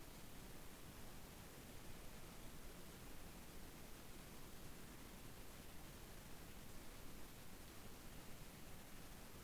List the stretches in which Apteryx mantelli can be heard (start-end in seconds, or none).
none